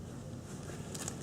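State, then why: Not seated. An inflation pump hose's quick connector is pushed toward the quick-release valve coupling of anti-shock trousers, a coupling that clips in by itself when pushed. A low steady background is broken near the end by a few brief, bright handling ticks around 1.0 to 1.1 seconds. The hose has not yet clipped in, and nothing has seated by the end of the clip.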